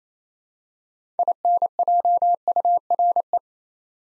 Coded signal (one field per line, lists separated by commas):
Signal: Morse code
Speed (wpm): 27 wpm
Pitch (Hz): 700 Hz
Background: none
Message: INJURE